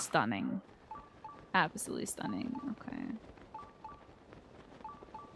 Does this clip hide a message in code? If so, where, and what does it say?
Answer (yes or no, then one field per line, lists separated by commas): no